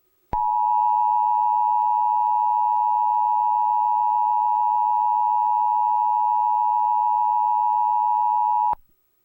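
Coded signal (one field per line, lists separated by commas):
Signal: Emergency Alert System (SAME) tones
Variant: 853 and 960 Hz attention tone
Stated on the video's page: Fictional EAS scenario about a bomb attack in Los Angeles, simulated.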